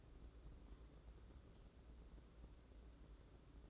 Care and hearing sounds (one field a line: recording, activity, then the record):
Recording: daily activity, microphone in the room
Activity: take from stove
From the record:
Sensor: 3